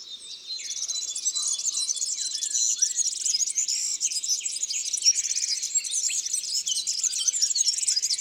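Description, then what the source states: European serin singing a continuous, high-pitched, tinkling and buzzy jingle that starts after half a second and carries on without a break. Isère, France.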